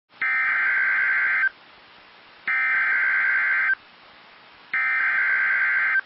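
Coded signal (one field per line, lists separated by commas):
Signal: Emergency Alert System (SAME) tones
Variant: header bursts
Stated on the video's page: Received from NOAA Weather Radio station in Indianapolis, Indiana.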